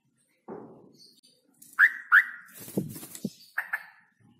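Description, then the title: Straw-headed bulbul: two loud, clear whistled notes sliding upward, then a few shorter notes. Male bird, singing often (gacor) with a loud voice and long rolling trills; recording used as masteran, audio to train other birds. "GILEEE Cucak ROWO Jantan GACOR Suara Lantang ROoo EL Panjang"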